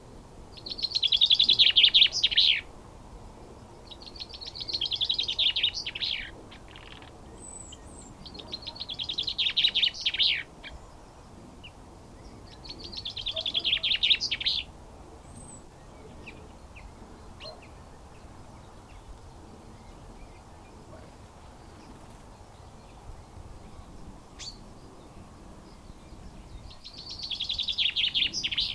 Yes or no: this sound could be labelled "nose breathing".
no